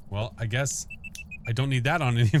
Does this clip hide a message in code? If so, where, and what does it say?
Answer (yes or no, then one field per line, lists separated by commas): no